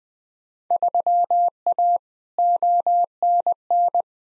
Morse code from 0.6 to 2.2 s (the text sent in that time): 3A